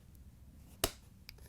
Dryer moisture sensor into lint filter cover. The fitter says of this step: once you have it in place and it's locked in and it's smooth we can put the cover back in the dryer